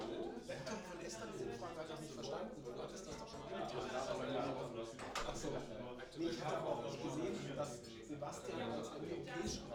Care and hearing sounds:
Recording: everyday scene through a hearing-aid microphone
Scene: many people talking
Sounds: many voices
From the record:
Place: bistro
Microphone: in the ear canal, right

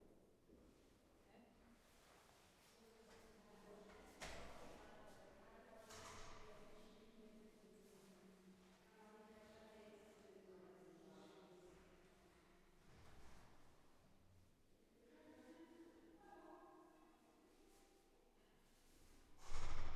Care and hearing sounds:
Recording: everyday scene through a hearing-aid microphone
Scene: reverberant space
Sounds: speech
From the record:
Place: staircase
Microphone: behind the ear, right, rear

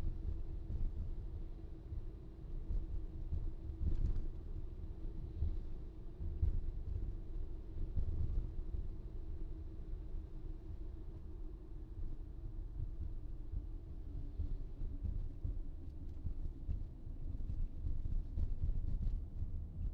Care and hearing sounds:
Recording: everyday scene through a hearing-aid microphone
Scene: in a vehicle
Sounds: engine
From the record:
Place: VW T5 Caravelle, diesel engine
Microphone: in the ear canal, right

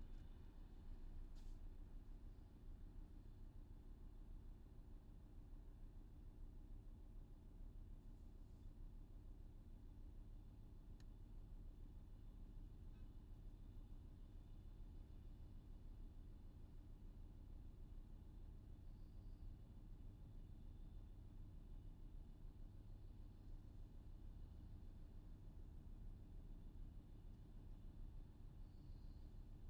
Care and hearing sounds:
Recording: everyday scene through a hearing-aid microphone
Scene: in a vehicle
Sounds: engine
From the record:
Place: VW T5 Caravelle, diesel engine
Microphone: in the ear canal, left

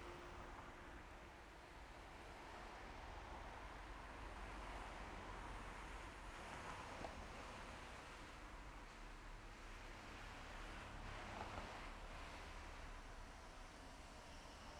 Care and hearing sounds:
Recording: everyday scene through a hearing-aid microphone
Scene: in traffic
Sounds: traffic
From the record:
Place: main road on the outskirts, rush hour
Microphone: behind the ear, left, rear

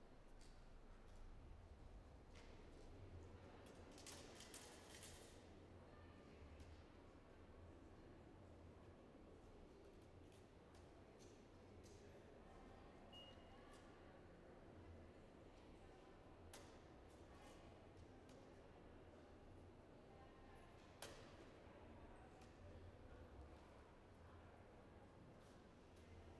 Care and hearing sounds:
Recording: everyday scene through a hearing-aid microphone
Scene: reverberant space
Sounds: background noise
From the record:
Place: railway station hall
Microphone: behind the ear, right, front

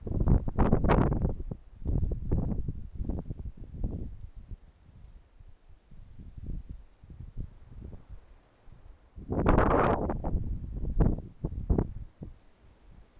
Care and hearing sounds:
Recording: everyday scene through a hearing-aid microphone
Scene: wind on the microphone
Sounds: wind, traffic, birds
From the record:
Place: suburban garden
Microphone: behind the ear, right, rear

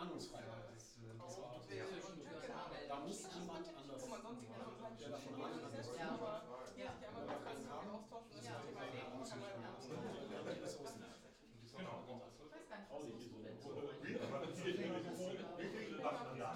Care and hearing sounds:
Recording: everyday scene through a hearing-aid microphone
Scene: many people talking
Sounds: many voices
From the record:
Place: bistro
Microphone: in the ear canal, left

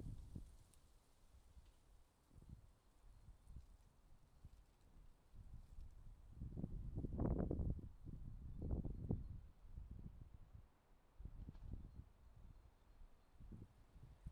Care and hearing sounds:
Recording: everyday scene through a hearing-aid microphone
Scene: wind on the microphone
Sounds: wind, traffic, birds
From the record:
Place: suburban garden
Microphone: in the ear canal, left

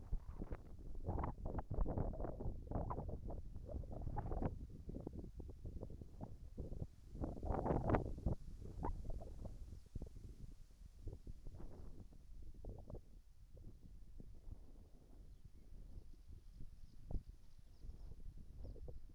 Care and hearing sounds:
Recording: everyday scene through a hearing-aid microphone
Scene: wind on the microphone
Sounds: wind, whistling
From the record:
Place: in front of a rural house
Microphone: behind the ear, right, rear

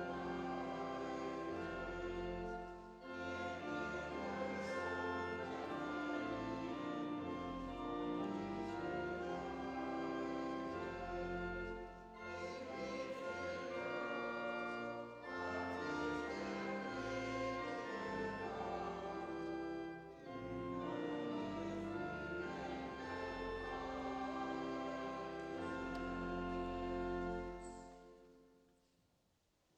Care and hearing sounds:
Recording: everyday scene through a hearing-aid microphone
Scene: reverberant space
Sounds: music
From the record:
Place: church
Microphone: in the ear canal, left

